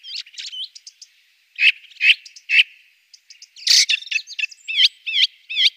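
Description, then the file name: Ring ouzel singing a mix of scratchy chirps and harsh bursts, ending with a row of quick, wavering whistled notes. "beflijster ring ouzel"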